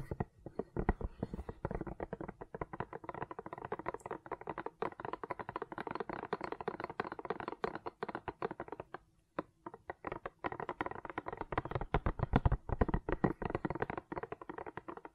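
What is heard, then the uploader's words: Gentle silicone sounds: a dense, continuous run of soft taps, squishes and sticky crackles, quick and irregular, filling nearly the whole clip. A brief lull comes just after nine seconds, then the pattering resumes, with a few sharper clicks around twelve seconds. ASMR Gentle Silicon Sounds for Sleep (No Talking).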